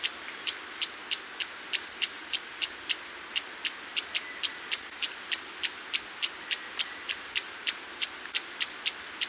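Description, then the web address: Hoary puffleg giving a steady series of very high, sharp, clicking chip notes, about three and a half per second, over a soft hiss. Ecuador. "Birds of Ecuador. Hoary Puffleg"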